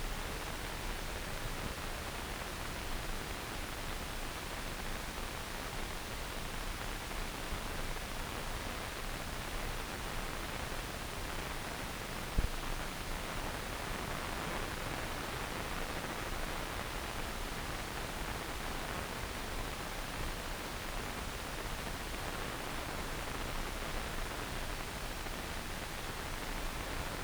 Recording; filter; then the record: brain microelectrode recording played as sound; wide band, above 20 Hz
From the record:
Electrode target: subthalamic nucleus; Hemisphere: left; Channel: 1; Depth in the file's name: 0.251 mm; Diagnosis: Parkinson's disease